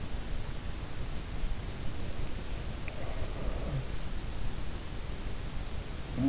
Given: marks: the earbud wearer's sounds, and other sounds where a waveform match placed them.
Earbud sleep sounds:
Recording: sounds in sleep by an in-ear microphone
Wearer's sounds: breath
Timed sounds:
1.27-4.23 s: breath
2.96-3.86 s: sound from someone else or the room

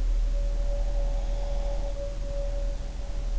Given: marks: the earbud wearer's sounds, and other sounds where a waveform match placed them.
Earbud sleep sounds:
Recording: sounds in sleep by an in-ear microphone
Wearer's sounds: breath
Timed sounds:
0.00-3.39 s: sound from someone else or the room
0.10-3.32 s: breath

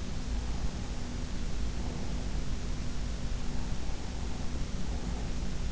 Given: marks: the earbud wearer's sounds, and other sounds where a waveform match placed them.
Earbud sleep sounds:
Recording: sounds in sleep by an in-ear microphone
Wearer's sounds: breath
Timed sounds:
0.38-2.39 s: breath
3.52-5.38 s: breath

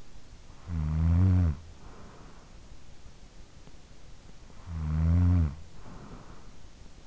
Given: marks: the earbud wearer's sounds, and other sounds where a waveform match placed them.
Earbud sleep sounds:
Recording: sounds in sleep by an in-ear microphone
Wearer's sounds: snoring breath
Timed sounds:
0.24-2.90 s: snoring breath
4.19-7.07 s: snoring breath

